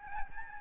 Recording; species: mosquito wingbeat signal from an infrared sensor; Aedes albopictus